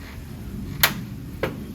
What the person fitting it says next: two clicks is what you're listening for